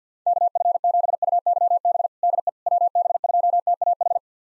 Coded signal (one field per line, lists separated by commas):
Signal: Morse code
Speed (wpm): 50 wpm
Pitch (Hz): 700 Hz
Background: none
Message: KF7UYB DE WB2TAH